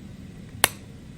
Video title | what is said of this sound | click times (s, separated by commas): K.2 Chromecadmey - Logging into your Chrometab | click all right that means that your kickstand is up it's ready to go | 0.6 s